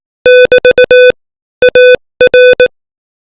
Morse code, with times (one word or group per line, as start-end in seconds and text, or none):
0.3-1.1 <BT>
1.6-2.7 AR